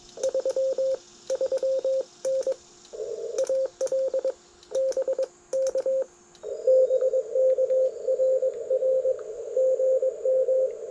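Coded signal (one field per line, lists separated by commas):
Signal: Morse code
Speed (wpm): 21 wpm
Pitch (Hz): 530 Hz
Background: none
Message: 33N AL BK BK RR GM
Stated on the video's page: Park activation on a simple wire vertical antenna for 40m, 15m and 6m, with a tuner.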